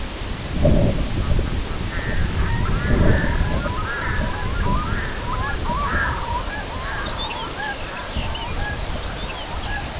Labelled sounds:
Red-throated Loon (Gavia stellata), Snow Goose (Anser caerulescens), Lapland Longspur (Calcarius lapponicus)
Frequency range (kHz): Snow Goose (Anser caerulescens) 0.5-2.1 kHz; Lapland Longspur (Calcarius lapponicus) 2.0-5.9 kHz
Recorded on Arctic tundra, site IGLO-B, on 23 June 2018
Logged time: 13:59

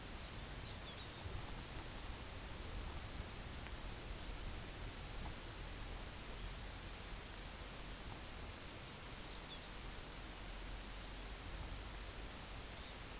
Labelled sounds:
unidentified sound, Red Phalarope (Phalaropus fulicarius)
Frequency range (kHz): Red Phalarope (Phalaropus fulicarius) 2.9-4.6 kHz
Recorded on Arctic tundra, site UTQI-5, on 18 June 2019
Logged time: 20:00

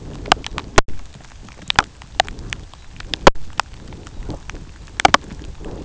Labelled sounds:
Red Phalarope (Phalaropus fulicarius)
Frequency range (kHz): Red Phalarope (Phalaropus fulicarius) 3.1-4.6 kHz
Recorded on Arctic tundra, site UTQI-2, on 13 June 2019
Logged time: 12:00

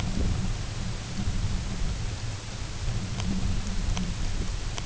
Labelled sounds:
none
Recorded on Arctic tundra, site UTQI-0, on 20 June 2018
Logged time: 14:00

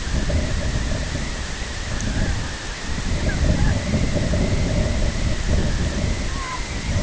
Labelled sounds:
Snow Goose (Anser caerulescens), Red-throated Loon (Gavia stellata)
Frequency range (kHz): Snow Goose (Anser caerulescens) 0.6-2.1 kHz; Red-throated Loon (Gavia stellata) 0.8-2.1 kHz
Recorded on Arctic tundra, site IGLO-B, on 23 June 2018
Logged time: 13:59

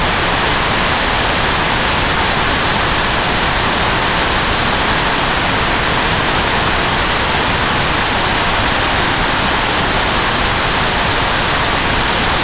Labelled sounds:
none
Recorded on Arctic tundra, site NAIT-1, on 25 June 2018
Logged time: 03:00

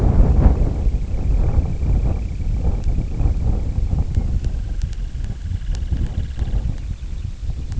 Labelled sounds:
Semipalmated Sandpiper (Calidris pusilla)
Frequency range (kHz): Semipalmated Sandpiper (Calidris pusilla) 1.2-4.5 kHz
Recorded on Arctic tundra, site IGLO-D, on 25 June 2018
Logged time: 02:00

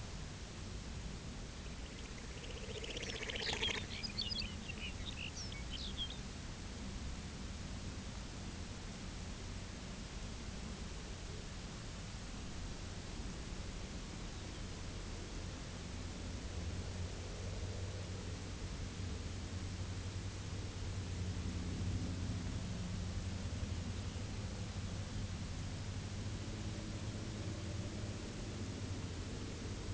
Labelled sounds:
Pectoral Sandpiper (Calidris melanotos), Lapland Longspur (Calcarius lapponicus), unidentified sound
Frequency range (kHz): Lapland Longspur (Calcarius lapponicus) 1.6-6.5 kHz
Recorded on Arctic tundra, site UTQI-0, on 11 June 2019
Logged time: 06:00

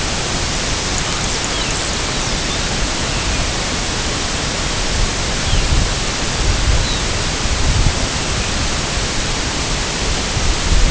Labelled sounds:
White-rumped Sandpiper (Calidris fuscicollis), unidentified sound
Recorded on Arctic tundra, site IGLO-A, on 16 June 2018
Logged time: 09:59

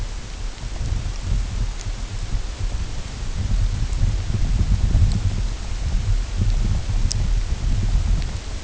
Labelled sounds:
none
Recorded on Arctic tundra, site UTQI-8, on 16 June 2019
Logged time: 00:00

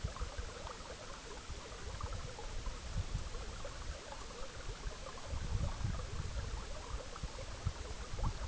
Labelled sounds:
none
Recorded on Arctic tundra, site EABA-MC, on 19 June 2019
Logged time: 22:00

